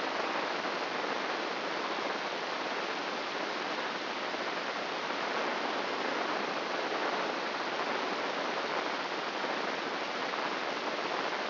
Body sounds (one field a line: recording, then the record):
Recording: brain microelectrode recording played as sound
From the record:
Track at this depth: outside the subthalamic nucleus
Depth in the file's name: 8.628 mm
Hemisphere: left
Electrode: 3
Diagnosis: Parkinson's disease